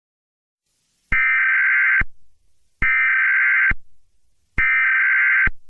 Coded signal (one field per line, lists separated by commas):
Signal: Emergency Alert System (SAME) tones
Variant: header bursts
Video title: (joke) EAS Scenario #20: Frickin bimbos...